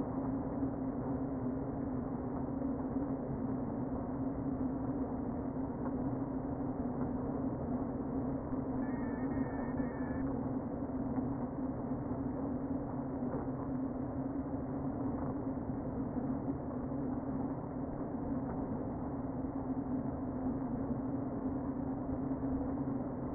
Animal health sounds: honeybee colony, microphone inside the hive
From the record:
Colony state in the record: queen present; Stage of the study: before two queens were removed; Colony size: about 60,000 bees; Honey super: yes

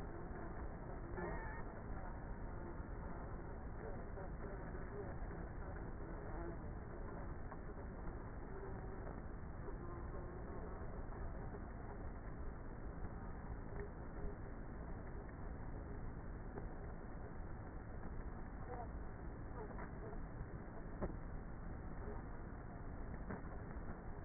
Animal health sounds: honeybee colony, microphone inside the hive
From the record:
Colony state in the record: queenless with a low population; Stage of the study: before two queens were removed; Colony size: about 30,000 bees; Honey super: no

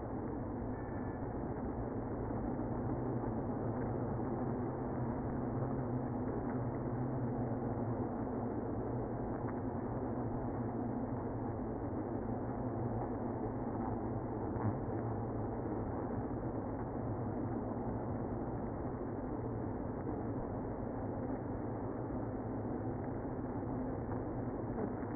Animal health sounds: honeybee colony, microphone inside the hive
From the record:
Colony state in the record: queenless (queen removed); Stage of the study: after two queens were removed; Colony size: about 60,000 bees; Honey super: yes

